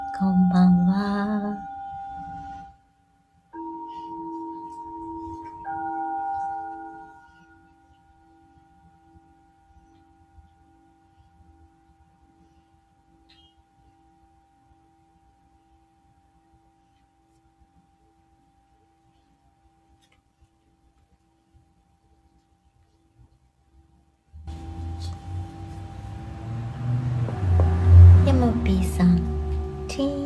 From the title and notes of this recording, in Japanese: メキシコから シンギングボウルのサウンドヒーリング ライブ。